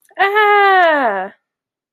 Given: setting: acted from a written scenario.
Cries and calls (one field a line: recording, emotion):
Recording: vocal sound without words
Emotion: distress